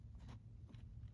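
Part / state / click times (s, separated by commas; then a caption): metal clip on chainsaw carburetor / not seated / none. A metal clip on a replacement carburetor being installed on a Husqvarna 435 chainsaw is pushed down by hand. Soft, broad handling rustles come through around 0.3 s and 0.7 s over a steady low hum. Nothing has clicked or seated yet.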